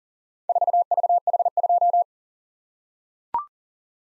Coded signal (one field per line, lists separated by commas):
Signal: Morse code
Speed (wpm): 40 wpm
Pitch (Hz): 700 Hz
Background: none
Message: 4VH2